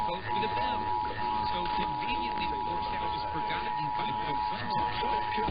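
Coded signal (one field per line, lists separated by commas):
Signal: Emergency Alert System (SAME) tones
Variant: 853 and 960 Hz attention tone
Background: speech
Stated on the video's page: San Diego EAS test.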